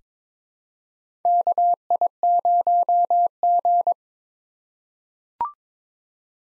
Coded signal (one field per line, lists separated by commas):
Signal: Morse code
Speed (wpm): 21 wpm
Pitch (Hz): 700 Hz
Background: none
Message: KI0G